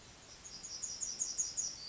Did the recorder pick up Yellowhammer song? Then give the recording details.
yes. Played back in forest. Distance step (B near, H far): E. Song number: 044